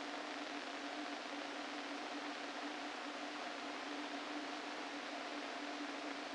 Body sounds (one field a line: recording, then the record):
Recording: brain microelectrode recording played as sound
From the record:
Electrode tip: inside the subthalamic nucleus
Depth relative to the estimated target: 0 mm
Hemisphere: left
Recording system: NeuroSet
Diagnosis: Parkinson's disease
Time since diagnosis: 13 years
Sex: male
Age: 49 years